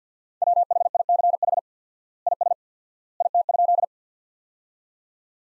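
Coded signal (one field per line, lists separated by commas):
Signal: Morse code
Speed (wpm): 50 wpm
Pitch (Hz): 700 Hz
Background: none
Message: WHICH IS IT?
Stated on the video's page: Practice sentences built from the top 100 words, sent at 50 wpm with 4x standard word spacing, a word-level Farnsworth-style approach.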